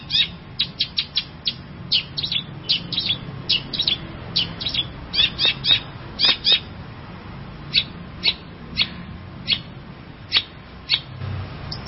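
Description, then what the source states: Long-tailed shrike song: rapid run of sharp, high chirps and squeaky notes, irregular bursts throughout, with low background hum. Champion songbird.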